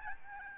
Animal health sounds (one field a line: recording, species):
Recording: mosquito wingbeat signal from an infrared sensor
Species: Aedes albopictus